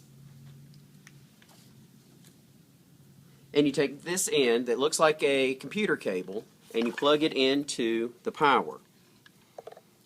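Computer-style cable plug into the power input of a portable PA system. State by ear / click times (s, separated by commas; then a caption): seated / 9.6 s. A computer-style cable plug is pushed into the power input of a portable PA system while someone talks. A sharp click is heard at 9.6 seconds as the plug latches and seats in the socket.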